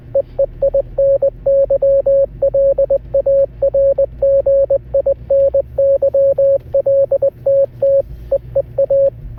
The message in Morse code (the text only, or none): EE INYLARGINYL TT EEA